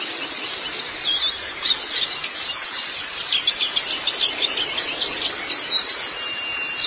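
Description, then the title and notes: White-eye twittering, high-pitched chirps tumbling quickly one after another in a dense, unbroken chatter across the whole stretch. "Kicauan Burung Pleci Durasi Panjang. Suara kicauan burung pleci"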